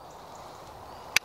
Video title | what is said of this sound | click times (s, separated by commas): WILDLIFE PHOTOGRAPHY TRIPOD/ REVIEW/IFOOTAGE Gazelle TC9 Fastbowl Carbon Tripod | pull down again and that clicks in and then you can just fold them in | 1.2 s